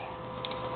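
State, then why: Seated. While reassembling a Marlin 243 rifle bolt, the firing pin assembly is turned counterclockwise in the steel bolt body over a steady background hum. A single short, sharp tick at 0.5 s shows the firing pin assembly has clicked and seated into the bolt.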